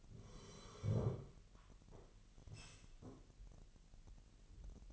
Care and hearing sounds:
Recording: daily activity, microphone in the room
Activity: sit down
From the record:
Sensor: 4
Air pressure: 1002.8 hPa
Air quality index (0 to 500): 248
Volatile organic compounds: 29 ppm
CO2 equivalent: 2946 ppm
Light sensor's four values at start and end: 9/21/9/9 and 9/21/9/9

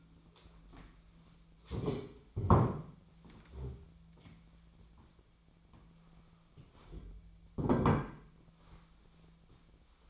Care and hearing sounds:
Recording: daily activity, microphone in the room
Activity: stand up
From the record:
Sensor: 1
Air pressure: 1008.1 hPa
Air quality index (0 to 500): 191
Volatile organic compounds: 17 ppm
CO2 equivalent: 2586 ppm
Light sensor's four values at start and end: 14/34/14/15 and 13/33/13/15

